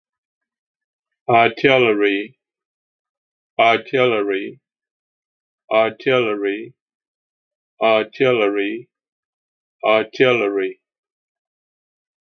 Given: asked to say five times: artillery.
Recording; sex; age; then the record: repeated word; male; 60 to 69 years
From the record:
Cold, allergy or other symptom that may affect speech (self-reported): no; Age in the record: 61 years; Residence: South Carolina, United States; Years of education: 14